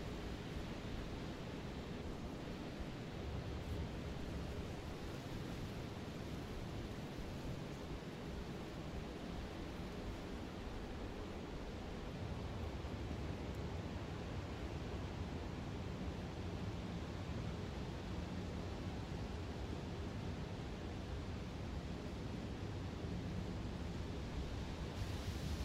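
A calm wind blows steadily throughout, a dense, even hiss that fills everything from low rumble to soft treble. The deeper part swells and eases gently, with a slightly brighter rush near the end; otherwise the level stays constant.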